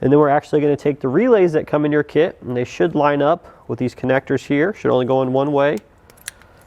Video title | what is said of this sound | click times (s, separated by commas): etrailer - Curt T-Connector Vehicle Wiring Harness Installation - 2018 Nissan Pathfinder C56281 | Click when they lock into place. | 6.3 s